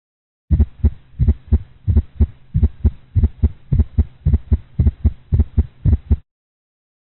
A clinical example of an atrial gallop sound in a dog.